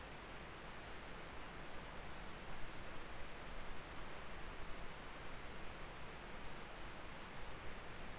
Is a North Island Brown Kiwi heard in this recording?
no